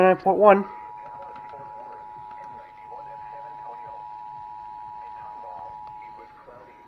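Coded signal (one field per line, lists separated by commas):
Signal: Emergency Alert System (SAME) tones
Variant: 853 and 960 Hz attention tone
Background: speech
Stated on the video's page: National Periodic Test EAS received on two FM stations and on a phone.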